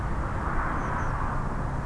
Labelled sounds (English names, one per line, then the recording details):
Tree Pipit
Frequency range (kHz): Tree Pipit 5.2-6.7 kHz
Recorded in France